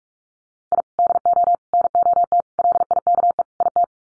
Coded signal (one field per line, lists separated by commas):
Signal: Morse code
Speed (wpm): 44 wpm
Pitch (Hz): 700 Hz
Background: none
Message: I DO NOT LIKE IT